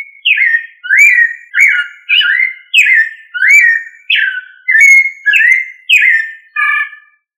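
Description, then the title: Thrush song: loud, clear slurred whistled phrases, each a short rising-then-falling swoop, repeated about every two-thirds of a second, ending on a softer stacked note. "Familia Turdidae - Sabia"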